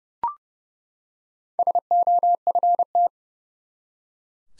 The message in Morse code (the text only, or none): SOFT